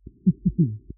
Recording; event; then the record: neck accelerometer signal played as sound; voluntary cough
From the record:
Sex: male